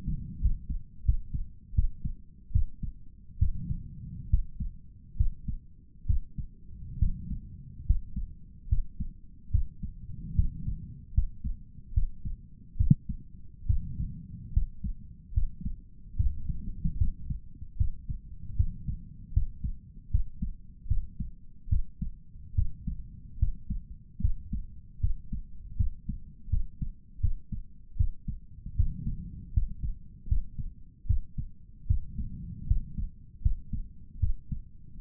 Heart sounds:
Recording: heart sounds by stethoscope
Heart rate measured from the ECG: 75 bpm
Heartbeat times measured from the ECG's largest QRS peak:
0.41 s: heartbeat
1.04 s: heartbeat
1.74 s: heartbeat
2.51 s: heartbeat
3.38 s: heartbeat
4.29 s: heartbeat
5.16 s: heartbeat
6.06 s: heartbeat
6.98 s: heartbeat
7.85 s: heartbeat
8.68 s: heartbeat
9.50 s: heartbeat
10.35 s: heartbeat
11.13 s: heartbeat
11.93 s: heartbeat
12.76 s: heartbeat
13.66 s: heartbeat
14.53 s: heartbeat
15.33 s: heartbeat
16.16 s: heartbeat
16.97 s: heartbeat
17.77 s: heartbeat
18.56 s: heartbeat
19.33 s: heartbeat
20.10 s: heartbeat
20.87 s: heartbeat
21.69 s: heartbeat
22.55 s: heartbeat
23.38 s: heartbeat
24.20 s: heartbeat
25.00 s: heartbeat
25.76 s: heartbeat
26.49 s: heartbeat
27.20 s: heartbeat
27.96 s: heartbeat
28.76 s: heartbeat
29.53 s: heartbeat
30.28 s: heartbeat
31.06 s: heartbeat
31.86 s: heartbeat
32.67 s: heartbeat
33.42 s: heartbeat
34.19 s: heartbeat
34.99 s: heartbeat
From the record:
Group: healthy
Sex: male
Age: 35 years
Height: 178 cm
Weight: 64 kg

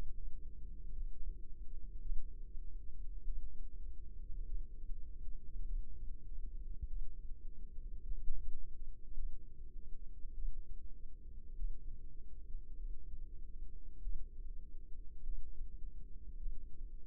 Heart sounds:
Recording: heart sounds by microphone in the left ear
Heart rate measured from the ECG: 50 bpm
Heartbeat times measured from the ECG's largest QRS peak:
0.92 s: heartbeat
2.01 s: heartbeat
3.24 s: heartbeat
4.46 s: heartbeat
5.64 s: heartbeat
6.87 s: heartbeat
8.02 s: heartbeat
9.14 s: heartbeat
10.33 s: heartbeat
11.55 s: heartbeat
12.75 s: heartbeat
14.01 s: heartbeat
15.23 s: heartbeat
16.37 s: heartbeat
From the record:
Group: healthy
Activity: rest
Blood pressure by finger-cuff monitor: 105/65 mmHg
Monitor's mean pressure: 78 mmHg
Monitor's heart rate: 50 bpm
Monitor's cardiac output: 4.7 L/min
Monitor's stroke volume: 92 mL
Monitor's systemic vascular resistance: 1220 dyn s/cm5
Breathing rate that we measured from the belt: 16 breaths a minute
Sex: female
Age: 28 years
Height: 170 cm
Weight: 77 kg

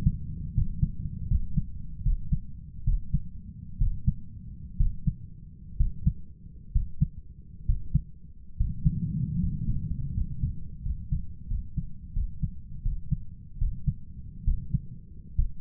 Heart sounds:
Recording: heart sounds by stethoscope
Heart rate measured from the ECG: 73 bpm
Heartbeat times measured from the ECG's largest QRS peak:
0.54 s: heartbeat
1.27 s: heartbeat
2.02 s: heartbeat
2.84 s: heartbeat
3.78 s: heartbeat
4.77 s: heartbeat
5.77 s: heartbeat
6.72 s: heartbeat
7.65 s: heartbeat
8.56 s: heartbeat
9.39 s: heartbeat
10.13 s: heartbeat
10.82 s: heartbeat
11.47 s: heartbeat
12.13 s: heartbeat
12.82 s: heartbeat
13.58 s: heartbeat
14.44 s: heartbeat
15.35 s: heartbeat
From the record:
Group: healthy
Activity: rest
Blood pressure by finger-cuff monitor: 121/80 mmHg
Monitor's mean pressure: 89 mmHg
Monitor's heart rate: 74 bpm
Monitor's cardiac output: 6.9 L/min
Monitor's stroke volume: 89 mL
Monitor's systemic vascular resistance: 1060 dyn s/cm5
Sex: male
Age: 23 years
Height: 178 cm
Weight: 96.6 kg

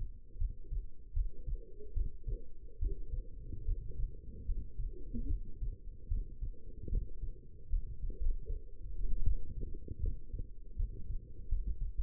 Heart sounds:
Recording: heart sounds by stethoscope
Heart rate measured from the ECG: 78 bpm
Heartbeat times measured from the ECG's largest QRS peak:
0.37 s: heartbeat
1.13 s: heartbeat
1.93 s: heartbeat
2.78 s: heartbeat
3.64 s: heartbeat
4.45 s: heartbeat
5.27 s: heartbeat
6.08 s: heartbeat
6.89 s: heartbeat
7.69 s: heartbeat
8.19 s: heartbeat
9.24 s: heartbeat
10.00 s: heartbeat
10.76 s: heartbeat
11.48 s: heartbeat
11.97 s: heartbeat
From the record:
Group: healthy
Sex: female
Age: 22 years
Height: 171 cm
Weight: 65.6 kg

